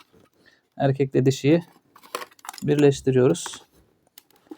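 Someone talks while a cleaned helmet's inner pad is handled, lining its plastic male snap up with the female socket in the helmet shell. Faint, sharp plastic taps and ticks are heard between the words, but nothing has seated or clicked yet.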